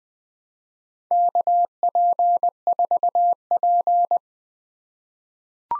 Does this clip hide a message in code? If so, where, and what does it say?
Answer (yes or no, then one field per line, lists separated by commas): yes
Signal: Morse code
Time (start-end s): 1.1-4.2 s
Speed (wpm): 20 wpm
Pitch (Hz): 700 Hz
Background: none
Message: KP4P